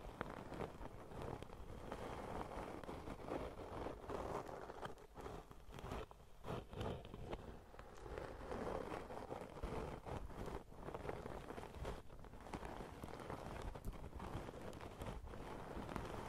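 Sponges rub against a microphone in a dense, continuous scratching and brushing, with a rumbling low end much like wind buffeting. Short crinkly bursts and squishes break through every second or so, and the texture thins briefly around six seconds before building again.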